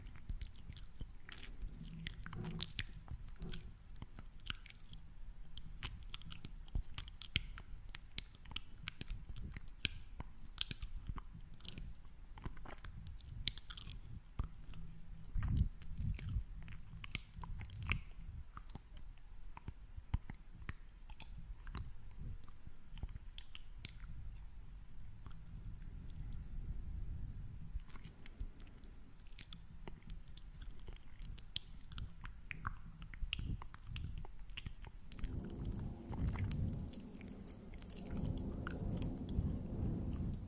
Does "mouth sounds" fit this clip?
yes